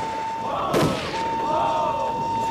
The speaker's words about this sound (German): Die Dampfpfeife gellte und die Soldaten feuerten ihre Karabiner ab.